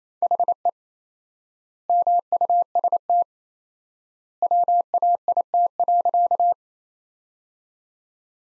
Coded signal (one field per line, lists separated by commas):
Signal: Morse code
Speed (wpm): 28 wpm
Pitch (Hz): 700 Hz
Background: none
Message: HE MUST WAIT.